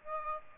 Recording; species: mosquito wingbeat signal from an infrared sensor; Aedes aegypti